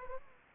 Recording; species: mosquito wingbeat signal from an infrared sensor; Aedes aegypti